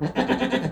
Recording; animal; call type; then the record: contact call of a hoofed animal; goat; low-frequency (closed-mouth) or high-frequency (open-mouth) call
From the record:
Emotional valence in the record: negative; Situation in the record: food frustration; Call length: 0.73 s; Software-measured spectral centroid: 1660 Hz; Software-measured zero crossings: 1480 a second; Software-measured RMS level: -24 dBFS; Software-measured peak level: -6 dBFS